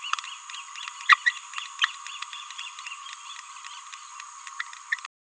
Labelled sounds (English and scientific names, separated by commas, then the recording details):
Green-rumped Parrotlet (Forpus passerinus) babbling
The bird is a male
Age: 30 days
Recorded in a nest box in Venezuela
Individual 17B31A1